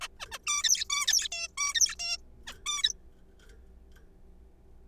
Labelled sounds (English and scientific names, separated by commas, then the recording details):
Zebra Finch (Taeniopygia guttata)
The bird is a juvenile
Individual R3428